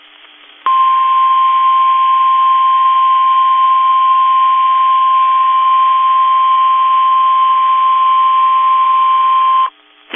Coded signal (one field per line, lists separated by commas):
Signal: Emergency Alert System (SAME) tones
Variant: 1050 Hz attention tone